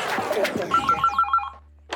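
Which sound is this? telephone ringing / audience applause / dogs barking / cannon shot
telephone ringing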